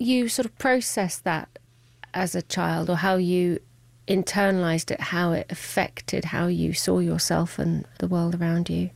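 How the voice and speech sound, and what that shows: Clear, fluent adult female speech with natural pauses and ordinary voice quality; typical speech.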